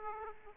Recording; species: mosquito wingbeat signal from an infrared sensor; Aedes aegypti